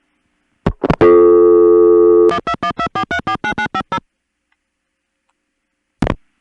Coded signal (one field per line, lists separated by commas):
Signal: DTMF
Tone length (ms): 80 ms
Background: music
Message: 12124349950